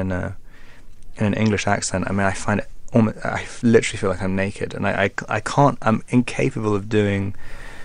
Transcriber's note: none